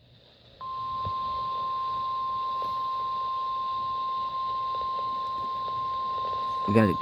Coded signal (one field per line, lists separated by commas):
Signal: Emergency Alert System (SAME) tones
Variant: 1050 Hz attention tone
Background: speech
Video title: Week of 2026-04-05 EAS 772-782